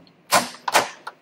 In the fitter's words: now this is locked into place I'll make sure everything's nice and snug tight and